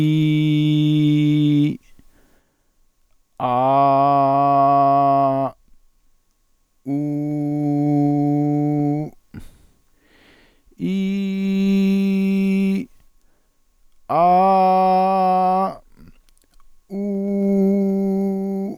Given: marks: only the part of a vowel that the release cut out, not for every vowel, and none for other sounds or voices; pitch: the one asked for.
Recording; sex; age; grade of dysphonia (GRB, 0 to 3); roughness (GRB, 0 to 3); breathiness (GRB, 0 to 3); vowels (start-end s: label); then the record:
sustained vowels; male; 40 to 49 years; 0; 0; 0
0.00-1.65 s: vowel /i/, normal pitch
3.95-5.31 s: vowel /a/, normal pitch
7.75-8.94 s: vowel /u/, normal pitch
11.51-12.73 s: vowel /i/, high pitch
14.28-15.48 s: vowel /a/, high pitch
17.30-18.63 s: vowel /u/, high pitch
From the record:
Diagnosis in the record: healthy voice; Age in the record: 45 years